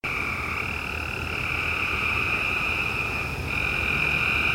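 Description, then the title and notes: Frogs calling in a dense, continuous chorus of high trilling notes in two steady pitch bands, with a low background rumble throughout. Several frogs recorded around 10pm in the last week of June on the outskirts of a yard; the recording is noisy. "Frogs At 10pm. frogs on the outskirts of our yard, at around 10pm during the last week of June"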